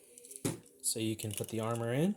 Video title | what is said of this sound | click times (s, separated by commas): The BEASTS have Descended! Mythic Beast Collection Unboxing! - Beyblade Burst Pro Series | But let's go ahead and unclick once. Let that white tab come out | 0.2 s, 0.4 s, 0.5 s